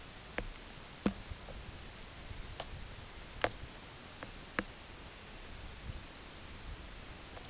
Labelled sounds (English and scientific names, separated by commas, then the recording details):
none
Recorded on Arctic tundra, site UTQI-8, on 10 June 2019
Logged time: 14:00